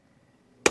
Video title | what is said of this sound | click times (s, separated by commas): SULIT NGA BA ANG FKM VENTURE 150 ULTIMATE - SPECS - FEATURES - TEST RIDE #fkmphilippines #FKM | yun nag-click siya So umangat na siya guys aan yan Yung kanyang compartment so | 0.7 s